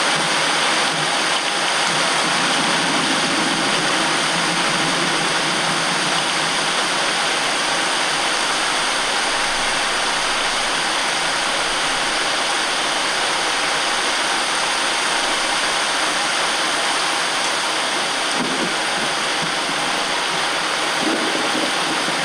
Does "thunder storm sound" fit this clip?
yes